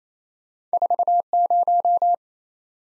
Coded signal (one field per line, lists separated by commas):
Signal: Morse code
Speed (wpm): 38 wpm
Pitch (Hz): 700 Hz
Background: none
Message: 40